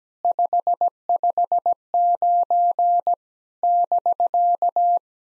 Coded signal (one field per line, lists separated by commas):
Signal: Morse code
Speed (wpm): 17 wpm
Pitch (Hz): 700 Hz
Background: none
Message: 559 <BK>